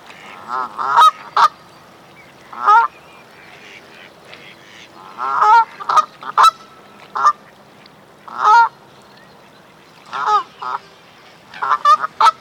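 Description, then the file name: Canada goose honking, loud nasal honks in bursts every few seconds, with quieter gaps between groups. "Various Birds - Canada Goose"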